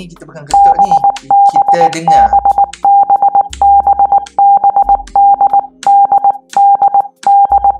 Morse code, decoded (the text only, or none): BBBBBBDDDD